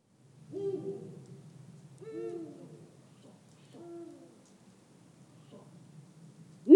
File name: Der Uhu Ruf Voegel in Europa